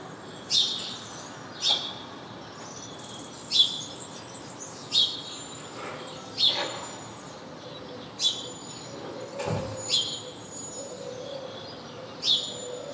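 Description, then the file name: House sparrow calls: bright, abrupt chirps repeated every one to two seconds. "Passer domesticus"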